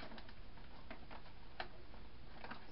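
A plastic end piece is pushed back into the bow maker frame, with fabric briefly getting in the way. A few soft ticks lead up to a sharper click at 1.6 s as the end piece seats past the fabric.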